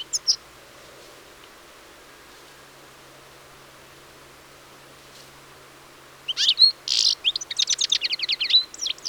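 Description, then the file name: European Goldfinch twittering: a brief note at the start, then quiet for about six seconds before a lively burst of tinkling chirps. "Carduelis carduelis"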